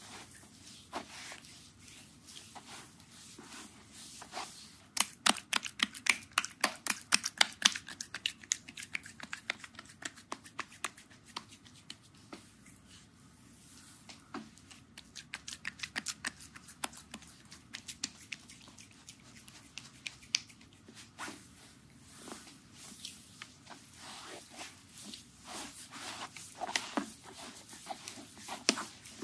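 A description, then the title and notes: Wet, slippery smacks and squelches of lotion being worked into a foot. The clicks come in quick bursts, busiest around five to ten seconds and again near twenty, with softer rubbing and a faint low hum between. ASMR Tingle Foot Massage with lotion.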